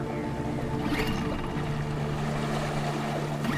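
A boat engine drones steadily with a low, sustained hum and faint tonal whine as the boat travels along a river through dark forests, over a continuous wash of water and rumble, with no voices throughout.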